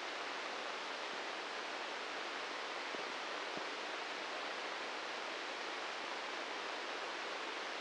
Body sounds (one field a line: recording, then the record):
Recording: brain microelectrode recording played as sound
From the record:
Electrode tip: inside the subthalamic nucleus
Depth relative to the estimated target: 3 mm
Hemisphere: left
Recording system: NeuroSet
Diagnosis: Parkinson's disease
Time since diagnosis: 15 years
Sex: male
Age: 65 years